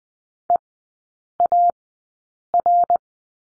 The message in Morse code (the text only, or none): EAR